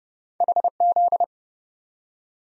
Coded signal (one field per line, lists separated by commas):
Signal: Morse code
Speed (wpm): 30 wpm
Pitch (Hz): 700 Hz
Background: none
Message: HZ